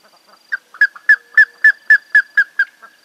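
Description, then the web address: Plumbeous ibis calling with a steady series of nine loud notes, about a quarter second apart. "sound Plumbeous-ibis. دانلود-صدای-پرنده-اکراس-سربی"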